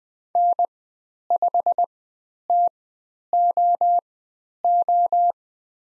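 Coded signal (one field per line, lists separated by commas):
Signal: Morse code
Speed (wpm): 20 wpm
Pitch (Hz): 700 Hz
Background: none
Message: N5TOO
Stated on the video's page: Morse code course lesson on the letter U with call sign practice, Farnsworth speed 20/10 wpm.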